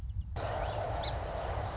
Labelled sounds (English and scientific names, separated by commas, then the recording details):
Song Sparrow (Melospiza melodia)
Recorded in Sonoma County, California